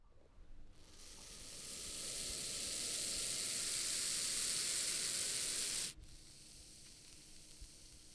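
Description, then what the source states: Snake hissing: one long, steady, breathy hiss that swells and holds for about five seconds before stopping abruptly. Angry snake.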